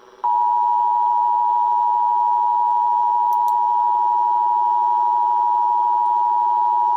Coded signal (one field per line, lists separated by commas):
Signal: Emergency Alert System (SAME) tones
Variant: 853 and 960 Hz attention tone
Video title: EAS 3211 SHELTER IN-PLACE WARNING (Kerr, TX)